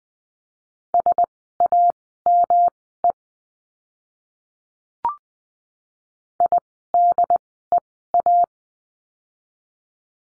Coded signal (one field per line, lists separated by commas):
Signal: Morse code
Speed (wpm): 20 wpm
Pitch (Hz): 700 Hz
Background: none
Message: SAME IDEA